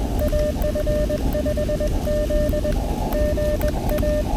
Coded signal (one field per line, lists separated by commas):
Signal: Morse code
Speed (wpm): 20 wpm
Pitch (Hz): 600 Hz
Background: none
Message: AF5Z GA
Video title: From Hamvention to the Hoosier State: A POTA Excursion with friends through Indiana's Past!